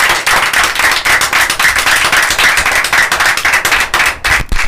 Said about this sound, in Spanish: Y antes de que se nos vayan, y para cerrar la invitación y la bienvenida a los chicos y a las chicas del Club Unión de Unquillo, un fuerte aplauso para que sepa que somos muchos. El aplauso.